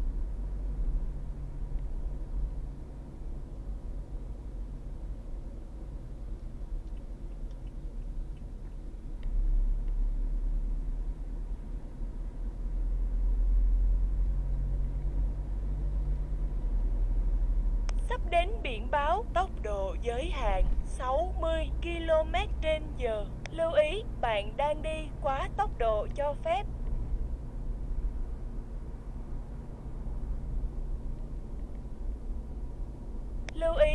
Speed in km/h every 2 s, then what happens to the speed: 55, 54, 47, 42, 41, 46, 51, 56, 61, 63, 66, 67, 68, 68, 68, 67, 65.
0-8 slows to 41. 8-20 speeds up to 66. 20-34 steady at about 67.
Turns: none.